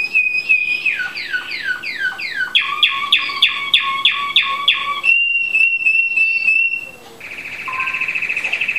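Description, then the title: American Singer canary song: a fast series of falling whistled notes, then a steady pure whistle, ending in a rapid buzzy trill. "Kenari American Singer"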